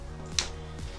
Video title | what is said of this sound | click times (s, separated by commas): Samsung Gear Fit 2 Repair Motherboard Replacement Tutorial How To | place so like this engage and then you can just go and pop it right out | 0.4 s